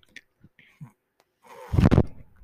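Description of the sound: A few faint clicks, then one breathy airflow whoosh from a home mechanical ventilator delivering a breath.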